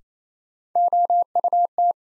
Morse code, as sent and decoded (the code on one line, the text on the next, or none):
--- ..- -
OUT